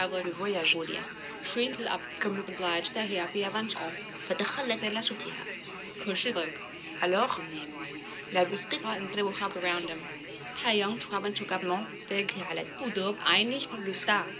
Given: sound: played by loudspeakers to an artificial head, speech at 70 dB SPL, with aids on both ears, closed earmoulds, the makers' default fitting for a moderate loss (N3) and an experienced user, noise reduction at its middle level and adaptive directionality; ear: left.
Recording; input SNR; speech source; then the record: speech test signal (ISTS) in cocktail-party noise; 0 dB; in front (0 degrees)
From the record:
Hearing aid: class 2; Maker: E